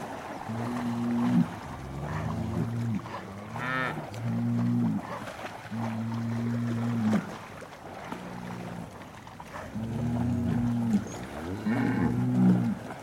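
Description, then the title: Cow mooing: many low, steady moos in quick succession, some short and some drawn out, with a few wavering calls between them. Cow communication through mooing. "Eco-Moo-tion: The Ecological Soundscape of Cow Conversations"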